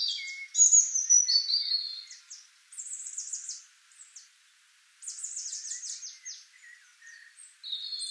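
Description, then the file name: European robin song, a run of varied high phrases: sweet sliding whistles, rapid thin trills and scratchy flourishes, with one short pause before the next tumbling phrase. "Erithacus rubecula"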